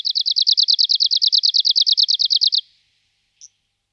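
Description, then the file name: Arctic warbler song: a fast, even, dry trill of many high notes lasting under three seconds, then one short separate note after a brief silence. "Budnicek severni Phylloscopus borealis"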